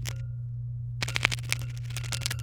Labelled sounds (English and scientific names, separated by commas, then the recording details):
Domestic Canary (Serinus canaria) song
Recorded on 23 April 2018 at 18:02
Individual llb3